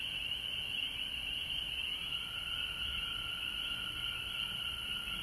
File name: Frogs Home Georgia Mar 19 , 2020